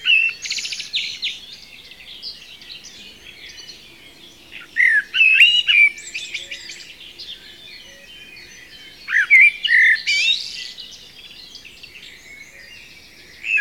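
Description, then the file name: Common blackbird song, several bursts of mellow whistled notes that break into thin, scratchy high twittering, separated by quiet pauses of a few seconds. "Turdus merula"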